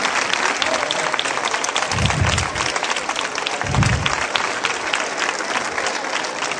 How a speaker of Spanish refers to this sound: Y esta pedazo de banda que tenemos en Ubrique se merece un fortísimo aplauso del cariño de todos los ubriqueños por este excelente pregón.